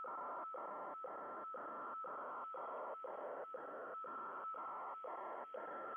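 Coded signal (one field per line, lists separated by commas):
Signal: weather fax (radiofax)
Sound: rhythmic hissing warble with a steady tone and short tick-like gaps twice a second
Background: radio static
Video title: 8503 KHZ WEFAX Using MultiPsk and Winradio Excalibur Pro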